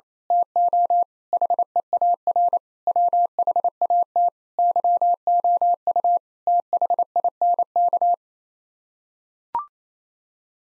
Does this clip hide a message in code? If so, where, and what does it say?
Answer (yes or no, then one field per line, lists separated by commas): yes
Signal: Morse code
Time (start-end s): 0.3-8.1 s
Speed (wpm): 28 wpm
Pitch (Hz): 700 Hz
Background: none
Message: TO HEAR WHAT YOU THINK